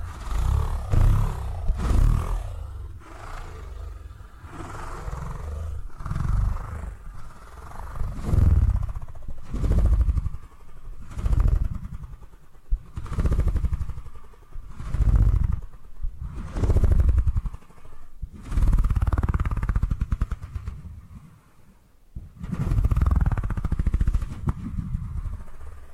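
Purring sounds roll along in a steady stream of low, rumbling pulses, each swelling and fading about once a second. Brief rattly bursts break in at the peaks, and near 22 seconds the rumble drops away briefly before resuming.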